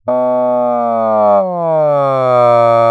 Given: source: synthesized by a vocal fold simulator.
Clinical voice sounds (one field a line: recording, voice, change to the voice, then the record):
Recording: sustained vowel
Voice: male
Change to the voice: asymmetry, level 41 of 51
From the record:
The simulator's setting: 5.00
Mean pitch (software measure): 126 Hz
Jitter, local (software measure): 0.26%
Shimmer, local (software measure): 1.8%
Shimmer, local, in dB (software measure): 0.18 dB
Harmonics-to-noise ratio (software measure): 30.2 dB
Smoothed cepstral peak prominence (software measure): 23.0 dB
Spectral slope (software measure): -19.3 dB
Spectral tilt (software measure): -13.0 dB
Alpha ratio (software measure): -9.8 dB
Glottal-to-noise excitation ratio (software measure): 0.961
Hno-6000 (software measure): 3.0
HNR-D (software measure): 28.4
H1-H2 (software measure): -4.1 dB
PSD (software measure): 1.1e-03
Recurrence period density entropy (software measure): 0.113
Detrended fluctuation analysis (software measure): 0.0420